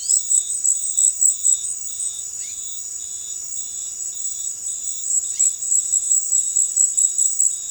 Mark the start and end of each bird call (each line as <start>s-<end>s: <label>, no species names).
0.00s-5.67s: bird call